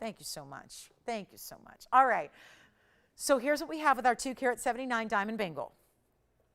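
A woman talks while handling a 2.79-carat gold diamond bangle, whose clasp tongue goes into a box clasp. Only her voice is heard, with no click in the clip. Nothing has seated or clicked yet.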